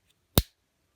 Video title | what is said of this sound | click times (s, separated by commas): How to remove new and old style P365 striker assembly | when you slide it up you hear it click into place like | 0.4 s